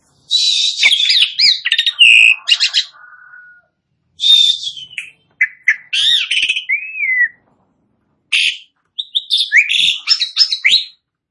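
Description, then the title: Asian pied starling song in three bursts of mixed chatter, buzzy rattles and slurred whistles, separated by short silences. Starling starts singing in under a minute. "Belum Satu Menit Jalak Suren Langsung Bunyi"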